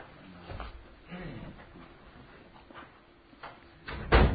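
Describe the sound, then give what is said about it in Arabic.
A door is pushed shut, ending in a heavy, loud thud after a few softer knocks and rattles, with faint low murmuring in the background. “شيخنا هذا لو تسدوا في الباب.”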